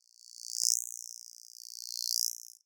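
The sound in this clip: Insect trilling: a continuous high-pitched rapid pulsing that swells twice in loudness, with no other sounds.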